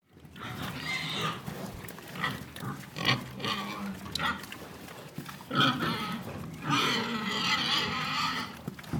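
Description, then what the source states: Pigs squealing shrilly in a dense, overlapping chorus of short cries, with grunting throughout and a long loud squeal near the end. Piglets.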